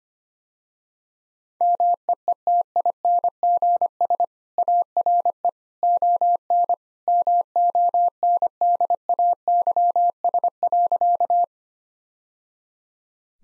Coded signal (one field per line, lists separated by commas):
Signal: Morse code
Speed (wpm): 25 wpm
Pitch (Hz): 700 Hz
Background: none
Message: MEETINGS ARE ON MONDAYS.